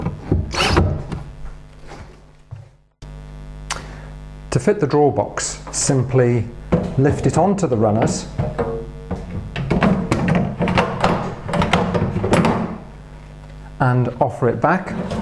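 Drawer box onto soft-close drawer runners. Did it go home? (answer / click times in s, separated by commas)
no / none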